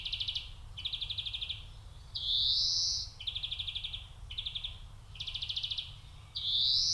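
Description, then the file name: European greenfinch giving fast rattling trills interspersed with drawn-out rising wheezes, phrases following closely one after another. "Chloris chloris"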